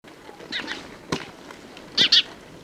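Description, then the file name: House sparrow chirps: two loud, short, bright chirps in quick succession near the end, with fainter chirps and a click earlier, over light background noise. "Passer domesticus"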